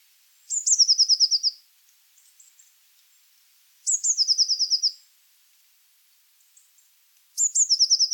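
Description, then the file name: Eurasian blue tit song, high introductory notes and a fast falling trill, repeated three times at roughly three-second intervals. "Cyanistes caeruleus"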